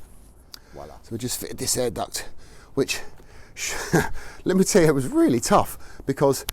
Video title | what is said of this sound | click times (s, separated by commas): Mini F56 Salvage Rebuild John Cooper Works Part 5 | here where actually clicks into so this fits in here moves across solid | 0.5 s